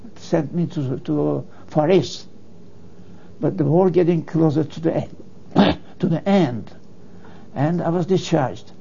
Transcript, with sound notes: Sent me to - to Far East. But the war getting close to the - (coughs) to the end. And I was discharged,